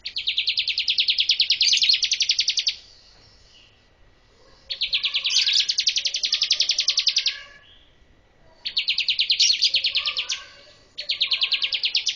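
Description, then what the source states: Bar-winged prinia calling in several rapid bursts of sharp, high repeated notes, with short pauses between. Female bar-winged prinia, called ciblek in Indonesian.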